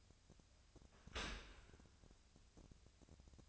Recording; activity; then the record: daily activity, microphone in the room; open dishwasher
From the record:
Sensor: 2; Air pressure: 1006.7 hPa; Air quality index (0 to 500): 200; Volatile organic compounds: 14 ppm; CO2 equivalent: 2450 ppm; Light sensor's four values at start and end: 9/22/9/9 and 9/21/9/9